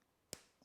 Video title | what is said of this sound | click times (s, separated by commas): Noobie MTB Fixes Bikes SRAM NX Drive Train Chain Replacement | and then we're going to hear a click | 0.3 s